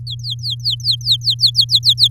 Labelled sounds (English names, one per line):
Domestic Canary song